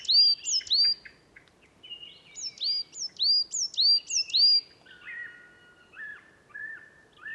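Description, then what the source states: Coal Tit song of high, hooked two-note phrases in rapid series, followed by a lower, slower series of repeated notes; quiet background throughout. Found singing again at dusk, 20 March 2019, Val Drôme forest, France; song like great tit's but more sparkling and finer; Wildtronic parabola, MKH8020, MixPre-3.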